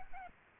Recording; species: mosquito wingbeat signal from an infrared sensor; Aedes albopictus